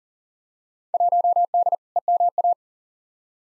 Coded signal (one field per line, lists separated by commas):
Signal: Morse code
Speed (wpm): 40 wpm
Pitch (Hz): 700 Hz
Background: none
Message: 1D EMA